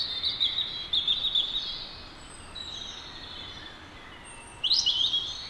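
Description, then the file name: European robin song: thin, high warbled phrases with scratchy trills, one burst early and another near the end, separated by a quiet gap with faint high whistles. "Erithacus rubecula"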